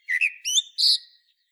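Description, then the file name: Common blackbird uttering a brief phrase of a few fluty whistled notes stepping up in pitch, the last one highest, with nothing else heard. "Turdus merula"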